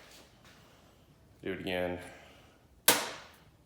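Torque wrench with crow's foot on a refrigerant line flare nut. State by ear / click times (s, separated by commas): torque reached / 2.9 s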